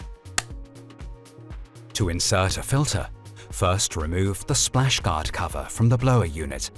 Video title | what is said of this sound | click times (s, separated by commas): Guide d'utilisation: Dräger X-plore 8500 et 8700 | Now place the battery into the battery compartment and fold it in until it clicks into place. | 0.4 s